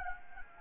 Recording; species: mosquito wingbeat signal from an infrared sensor; Anopheles gambiae